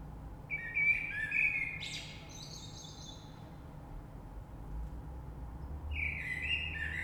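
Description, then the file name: Common blackbird song: a low fluted warble rising into a thin, high twittering ending, then a pause before another phrase begins. Recorded 3 March 2020. "Rush Merle"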